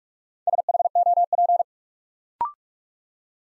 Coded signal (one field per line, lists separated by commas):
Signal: Morse code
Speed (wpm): 44 wpm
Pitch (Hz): 700 Hz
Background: none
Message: SHOP